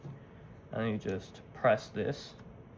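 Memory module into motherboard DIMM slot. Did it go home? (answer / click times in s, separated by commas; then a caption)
no / none. A memory module is handled and pressed toward a motherboard DIMM slot during installation, while someone talks over a quiet background. Nothing has seated or clicked yet by the end of the clip.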